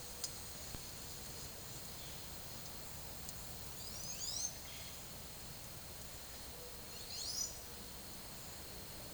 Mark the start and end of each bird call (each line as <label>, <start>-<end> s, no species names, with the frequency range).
bird call (2.7-9.2 kHz), 3.73-4.53 s
bird call (2.0-10.1 kHz), 6.71-7.59 s